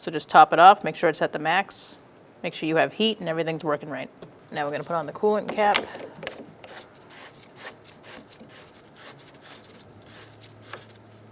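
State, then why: Not seated. Someone talks while handling the plastic coolant cap for the coolant reservoir of a 2012-2018 Ford Focus. After the speech, faint rubbing and handling sounds follow, with brief sharp sounds near 6.6 s and 10.7 s. The clip ends before the cap seats, so it has not clicked closed yet.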